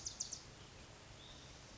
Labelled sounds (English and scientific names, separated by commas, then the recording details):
Bewick's Wren (Thryomanes bewickii)
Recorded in Sonoma County, California